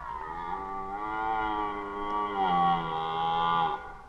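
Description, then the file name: Red deer roaring: one long, steady, deep and rough bellow with a slight dip midway, against faint background hiss. Red deer roaring during the rut, recorded in 2011. "rykowisko 2011"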